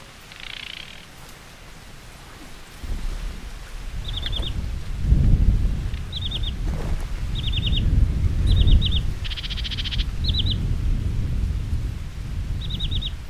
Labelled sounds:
Sedge Warbler (Acrocephalus schoenobaenus) song

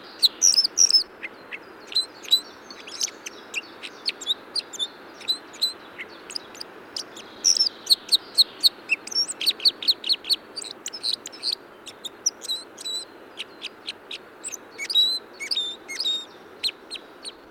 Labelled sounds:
Red Crossbill (Loxia curvirostra) song

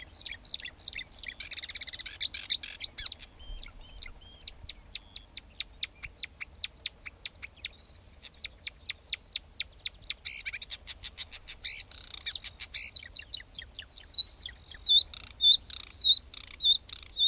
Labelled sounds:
Marsh Warbler (Acrocephalus palustris) song

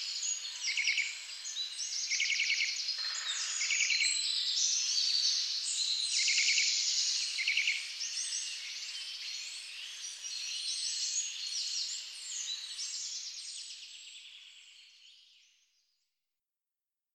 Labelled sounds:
Eurasian Nuthatch (Sitta europaea) song

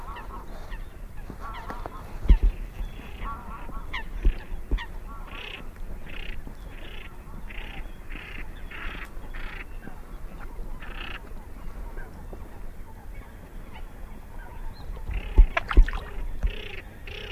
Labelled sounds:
Greylag Goose (Anser anser) call

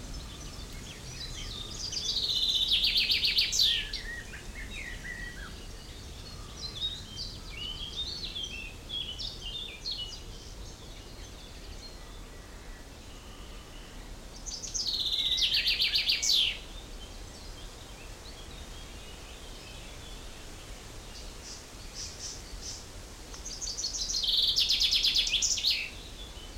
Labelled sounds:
Common Chaffinch (Fringilla coelebs)

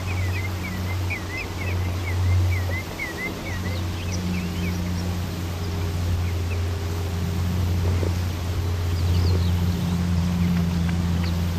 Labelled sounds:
Common Greenshank (Tringa nebularia)

